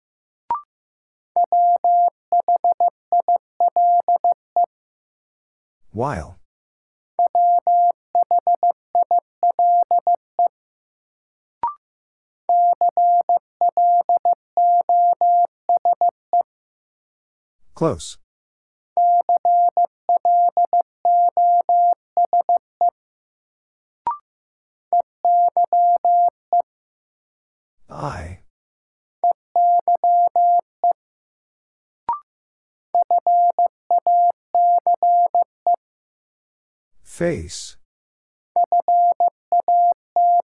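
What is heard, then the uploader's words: A word is sent in Morse code as a steady mid-pitched tone keyed into quick dots and longer dashes, grouped in bursts with short gaps between letters. Every several seconds a brief sharp click or swish cuts in, and silence fills the pauses. First, the word is sent in Morse code.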